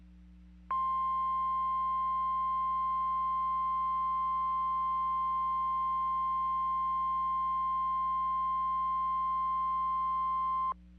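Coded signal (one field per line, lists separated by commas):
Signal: Emergency Alert System (SAME) tones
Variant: 1050 Hz attention tone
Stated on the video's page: Fictional EAS mock about a tornado warning, not a real alert.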